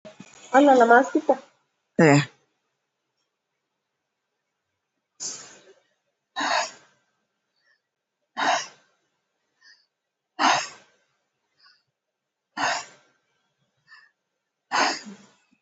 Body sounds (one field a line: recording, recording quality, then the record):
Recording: deep breathing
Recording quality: excellent, no background noise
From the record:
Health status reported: COVID-19 positive, mild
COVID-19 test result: positive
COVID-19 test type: RT-PCR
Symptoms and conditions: cough, fatigue, hypertension, diabetes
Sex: female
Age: 78 years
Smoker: no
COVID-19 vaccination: one dose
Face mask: worn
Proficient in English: yes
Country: India